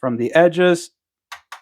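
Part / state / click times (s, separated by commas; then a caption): memory module into motherboard DIMM slot / seated / 1.3 s, 1.5 s. Someone talks as a desktop memory stick, lined up with the DIMM slot notch on the motherboard, is pressed down from both edges with two thumbs. Two short, sharp clicks follow at 1.3 s and 1.5 s as the retention clips snap shut. The RAM module is seated in the slot.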